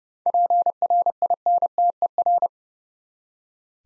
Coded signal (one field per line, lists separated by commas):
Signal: Morse code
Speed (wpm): 30 wpm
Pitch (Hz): 700 Hz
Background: none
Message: PRINTER